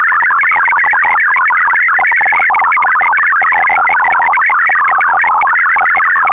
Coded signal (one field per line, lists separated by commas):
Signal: multi-tone FSK (Olivia or MFSK type)